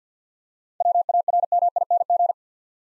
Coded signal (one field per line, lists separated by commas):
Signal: Morse code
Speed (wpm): 49 wpm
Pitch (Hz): 700 Hz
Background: none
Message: WARMING